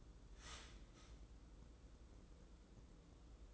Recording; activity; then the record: daily activity, microphone in the room; start toaster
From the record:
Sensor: 3